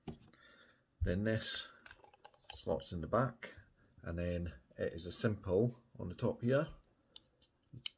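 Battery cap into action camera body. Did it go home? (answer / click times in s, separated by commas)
yes / 7.9 s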